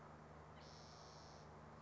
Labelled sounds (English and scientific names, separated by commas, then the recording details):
Spotted Towhee (Pipilo maculatus)
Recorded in Sonoma County, California